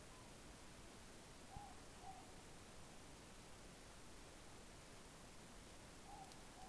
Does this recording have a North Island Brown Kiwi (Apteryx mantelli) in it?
no